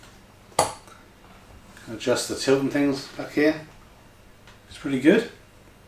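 The tilt lock lever in the mechanism of a Secretlab TITAN Evo 2022 Series Dark Knight Edition office chair is handled while the backrest tilt is adjusted, with a brief sharp sound near 0.6 s. Someone then talks over quieter handling sounds. The tilt lock has not engaged yet, and nothing has seated or clicked.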